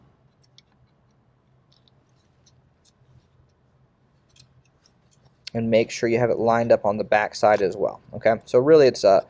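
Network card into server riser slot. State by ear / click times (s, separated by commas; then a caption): not seated / none. A network card (a PCB with a metal bracket) is lined up with the riser slot and the chassis on the back side of a Dell PowerEdge R730xd server before being pushed down. Only faint, light handling taps are heard in the first few seconds, and then someone talks from about 5.5 s onward. The card has not seated or clicked yet.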